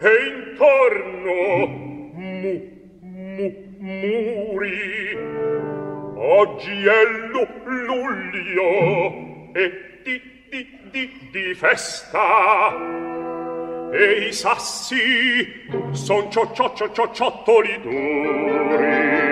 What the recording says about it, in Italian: L'aria balbettante affidata al grande baritono.